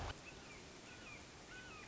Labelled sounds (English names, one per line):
Red-shouldered Hawk